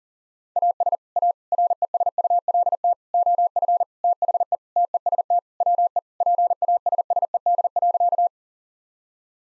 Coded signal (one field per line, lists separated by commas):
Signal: Morse code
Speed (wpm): 40 wpm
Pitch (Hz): 700 Hz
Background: none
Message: AS A RESULT OF THE TEST WE PASSED.